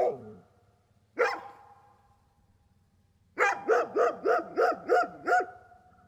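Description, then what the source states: Dog barking: a single bark, another about a second later, then a rapid run of seven even barks over two seconds. Farmyard dog.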